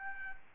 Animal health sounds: mosquito wingbeat signal from an infrared sensor; Aedes albopictus

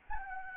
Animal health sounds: mosquito wingbeat signal from an infrared sensor; Anopheles gambiae

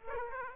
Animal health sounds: mosquito wingbeat signal from an infrared sensor; Aedes aegypti

